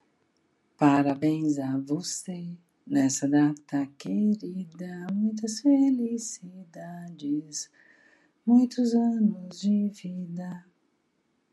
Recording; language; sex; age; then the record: short text; Brazilian Portuguese; female; 60 to 69 years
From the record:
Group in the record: control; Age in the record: 60 years